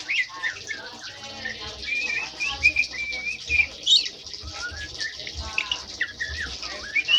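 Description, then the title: White-eye song, a busy stream of high twittering whistles and rapid rolling trills, continuous with slight pitch swoops. Song style called ngerol ngalas, a long rolling wild-style song. "Suara Burung Pleci Ngerol Ngalas"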